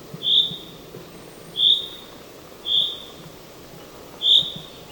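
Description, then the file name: Common chaffinch calls: four short high notes repeated at a steady pace over a steady background hiss. "Fringilla coelebs"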